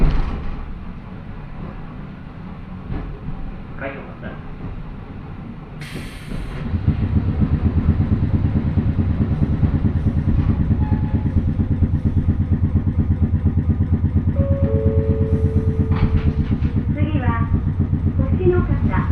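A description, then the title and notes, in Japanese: An old electric train's traction motors growl low and heavy, swelling loud near seven seconds and droning steadily, with brief squeals and clanks near the end. 万葉線 高岡駅→越ノ潟。しばらくは道路上を走る路面電車的な感じで信号機に従っていき、六渡寺駅から終点までが専用軌道の路線になります。電車は吊りかけモーターなので中々の唸りをあげています。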